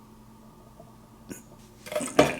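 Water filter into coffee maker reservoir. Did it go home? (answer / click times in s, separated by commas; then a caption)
yes / 2.2 s. A small water filter is pushed back into its seat in the plastic water reservoir of an Amazon Basics Single Serve K Cup Coffeemaker. After a quiet stretch with a faint knock at 1.3 s and some plastic handling noise, it snaps back in fairly easily with a sharp click at 2.2 s, and the filter is seated.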